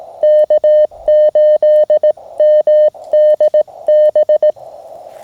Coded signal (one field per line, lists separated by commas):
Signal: Morse code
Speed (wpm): 18 wpm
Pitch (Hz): 610 Hz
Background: none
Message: K8MDB